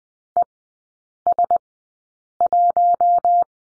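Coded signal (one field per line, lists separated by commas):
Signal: Morse code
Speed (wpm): 20 wpm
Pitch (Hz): 700 Hz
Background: none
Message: ES1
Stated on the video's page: Morse code course lesson of three-character groups with Farnsworth spacing at 20/10 wpm.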